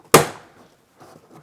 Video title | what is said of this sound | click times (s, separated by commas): Refitting the headliner - VW Crafter / MAN tge. Dealing with condensation | I already had one click anyway so so that's up | 0.2 s